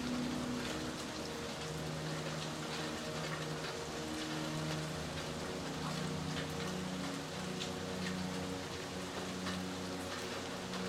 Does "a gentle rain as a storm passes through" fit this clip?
yes